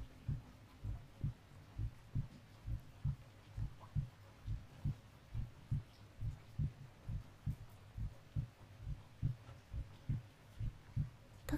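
Soft, low thumping heartbeats of an adult, heard close-up, repeat at an unhurried pace of about 67 beats a minute, slowing slightly and settling into a calmer beat. Each beat is a dull double thud, with a faint hum underneath. There are no extra sounds between beats.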